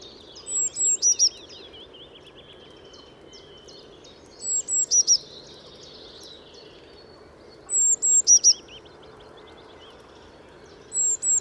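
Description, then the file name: Eurasian blue tit calling: short groups of three or four very high, thin notes repeated about every three to four seconds over steady background noise. "Cyanistes caeruleus"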